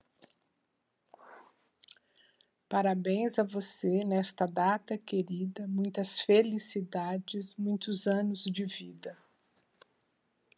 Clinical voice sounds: short text; Brazilian Portuguese; female; 60 to 69 years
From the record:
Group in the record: control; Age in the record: 64 years

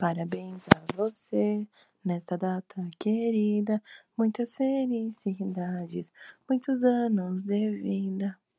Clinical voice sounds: short text; Brazilian Portuguese; female; 20 to 29 years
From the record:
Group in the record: control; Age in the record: 23 years

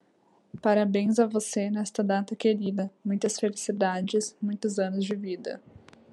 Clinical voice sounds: short text; Brazilian Portuguese; female; 20 to 29 years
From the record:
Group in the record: control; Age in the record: 26 years

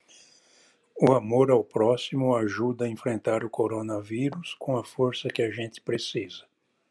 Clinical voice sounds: spoken sentence; Brazilian Portuguese; male; 60 to 69 years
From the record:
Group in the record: control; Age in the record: 65 years

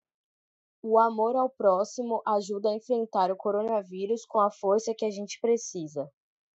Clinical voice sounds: spoken sentence; Brazilian Portuguese; female; 20 to 29 years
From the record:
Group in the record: control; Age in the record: 22 years

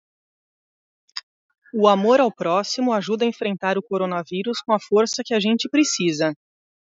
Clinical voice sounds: spoken sentence; Brazilian Portuguese; female; 40 to 49 years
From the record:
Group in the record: control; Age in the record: 40 years

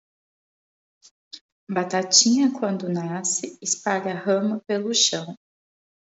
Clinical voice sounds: short text; Brazilian Portuguese; female; 30 to 39 years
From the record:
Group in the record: control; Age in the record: 35 years

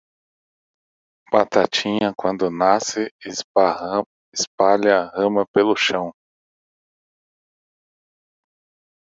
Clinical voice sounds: short text; Brazilian Portuguese; male; 40 to 49 years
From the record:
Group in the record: control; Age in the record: 42 years

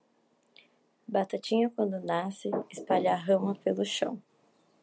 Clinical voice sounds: short text; Brazilian Portuguese; female; 18 to 19 years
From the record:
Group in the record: control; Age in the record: 19 years

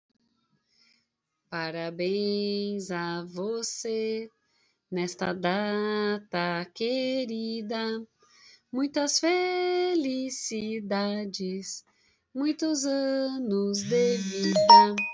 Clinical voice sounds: short text; Brazilian Portuguese; female; 40 to 49 years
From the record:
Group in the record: control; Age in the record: 46 years

